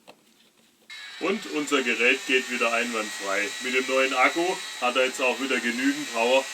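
During a battery change on a Leifheit window cleaner, the cover screw is turned counterclockwise into the thread of the plastic housing and drops into place with a short, sharp click at 0.1 s, seating the screw. A steady motor hum starts at about 0.9 s as the device runs again on the new battery, while someone talks.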